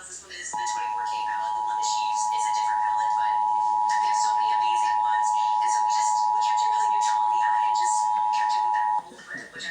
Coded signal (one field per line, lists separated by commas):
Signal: Emergency Alert System (SAME) tones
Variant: 853 and 960 Hz attention tone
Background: speech